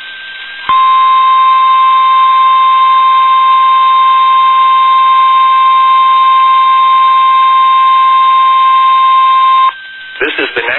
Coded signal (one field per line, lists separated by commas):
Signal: Emergency Alert System (SAME) tones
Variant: 1050 Hz attention tone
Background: speech